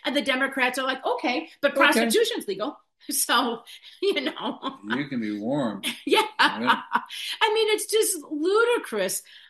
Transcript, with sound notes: and the Democrats are like, "Okay."
Okay.
"But prostitution's legal." So you know... (laughs)
You can be warm.
Yeah. (laughs)
Yeah.
I mean, it's just ludicrous,